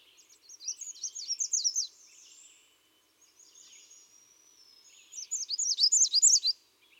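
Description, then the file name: American redstart singing two bursts of rapid, thin, high notes a few seconds apart, with a soft fainter twitter between them. "Setophaga ruticilla - American Redstart"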